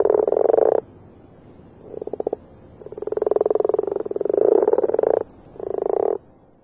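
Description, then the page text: Marsh frog giving loud pulsed croaking bursts with brief pauses between, the longest rattling bout in the middle. Recorded in the UK. "Marsh Frog From British Library - wildlife sounds"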